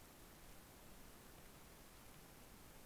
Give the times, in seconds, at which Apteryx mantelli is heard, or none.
none